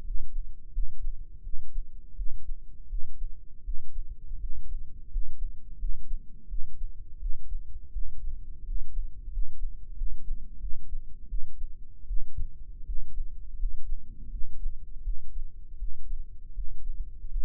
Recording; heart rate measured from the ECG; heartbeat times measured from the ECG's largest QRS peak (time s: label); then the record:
heart sounds by microphone in the right ear; 83 bpm
0.02 s: heartbeat
0.71 s: heartbeat
1.41 s: heartbeat
2.14 s: heartbeat
2.87 s: heartbeat
3.62 s: heartbeat
4.38 s: heartbeat
5.08 s: heartbeat
5.77 s: heartbeat
6.47 s: heartbeat
7.18 s: heartbeat
7.91 s: heartbeat
8.63 s: heartbeat
9.29 s: heartbeat
9.94 s: heartbeat
10.58 s: heartbeat
11.27 s: heartbeat
12.05 s: heartbeat
12.84 s: heartbeat
13.56 s: heartbeat
14.29 s: heartbeat
15.02 s: heartbeat
15.76 s: heartbeat
16.53 s: heartbeat
17.28 s: heartbeat
From the record:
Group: healthy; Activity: rest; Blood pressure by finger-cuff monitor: 120/83 mmHg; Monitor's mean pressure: 95 mmHg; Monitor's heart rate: 82 bpm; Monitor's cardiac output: 6.2 L/min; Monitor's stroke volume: 75 mL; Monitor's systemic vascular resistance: 1110 dyn s/cm5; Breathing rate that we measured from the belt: 14 breaths a minute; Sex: male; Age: 21 years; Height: 180 cm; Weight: 67.5 kg